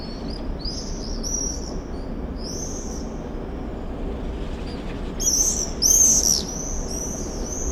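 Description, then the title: Common swifts screaming, several shrill drawn-out buzzy calls, then a loud overlapping group burst near the end, with low background rumble. Summer evening in a backyard in Bytom, Poland; many swifts circling; recorded with Zoom F4 and AT BP4025. "Zygmunta Starego 3, Bytom, Poland - Backyard swifts"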